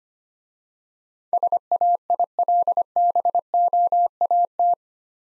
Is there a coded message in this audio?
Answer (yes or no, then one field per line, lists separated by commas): yes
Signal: Morse code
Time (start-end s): 1.3-4.7 s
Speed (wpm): 27 wpm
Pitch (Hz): 700 Hz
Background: none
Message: SAILBOAT